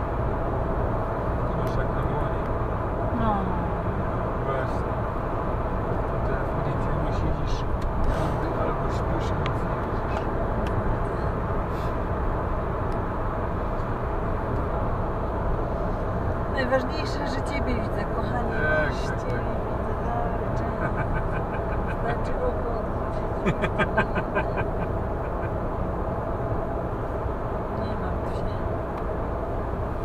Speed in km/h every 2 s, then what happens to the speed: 105, 106, 106, 106, 106, 106, 106, 106, 106, 106, 106, 106, 106, 106, 106.
0-30 steady at about 106.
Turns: none.